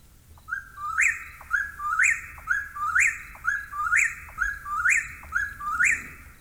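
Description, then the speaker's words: Eastern Whip-poor-will calling, a clear whistled phrase repeated six times at about one-second intervals over a quiet background. Nocturnal nightjar; haunting, repetitive call heard at night in North American forests; the bird is named after this call. "And so the name comes from this call, which sounds like whip poor will."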